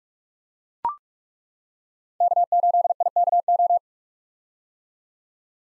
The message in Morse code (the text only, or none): K8IKO